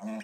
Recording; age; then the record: pig call; piglet (1 to 25 days)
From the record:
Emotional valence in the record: negative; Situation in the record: long isolation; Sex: male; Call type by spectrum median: low-frequency call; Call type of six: mixed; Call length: 0.23 s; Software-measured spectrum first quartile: 218 Hz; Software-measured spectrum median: 397 Hz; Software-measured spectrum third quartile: 992 Hz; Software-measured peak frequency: 215 Hz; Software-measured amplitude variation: 68 dB a second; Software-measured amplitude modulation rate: 10.7 a second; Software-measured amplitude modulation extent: 6.4 dB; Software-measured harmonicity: 8.0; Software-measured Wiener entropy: -0.94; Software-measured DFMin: 705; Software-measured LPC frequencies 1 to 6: 676, 1739, 2457, 5557, 6434, 7285 Hz